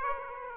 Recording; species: mosquito wingbeat signal from an infrared sensor; Aedes aegypti